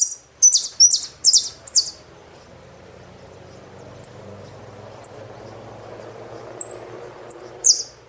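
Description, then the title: Saffron finch gives a few loud high chirps, then short single high calls spaced about a second apart over faint background hum. "Jilguero Argentino"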